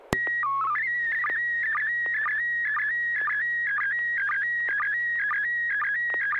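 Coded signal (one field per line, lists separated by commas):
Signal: SSTV (slow-scan television)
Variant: PD 120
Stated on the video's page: SSTV images exchanged on an amateur radio net via a 441.300 MHz FM repeater, sent with MMSSTV software.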